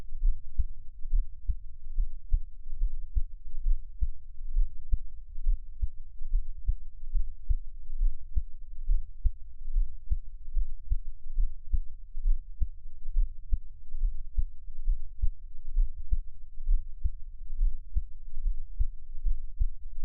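Steady low thumps at about 70 beats a minute with a quiet hum beneath: a regular adult heartbeat, heard up close.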